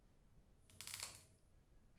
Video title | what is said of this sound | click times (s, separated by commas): CPAP Machine Tutorial FULL VIDEO | press the connector into the mask until you hear a click | 0.8 s